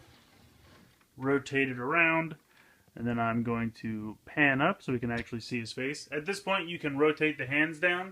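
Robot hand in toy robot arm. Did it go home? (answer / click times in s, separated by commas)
no / none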